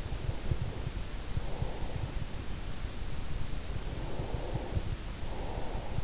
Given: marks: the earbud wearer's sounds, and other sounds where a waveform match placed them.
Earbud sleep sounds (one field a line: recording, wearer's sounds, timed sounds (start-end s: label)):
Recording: sounds in sleep by an in-ear microphone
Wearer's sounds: breath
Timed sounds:
0.04-2.04 s: breath
3.04-6.04 s: breath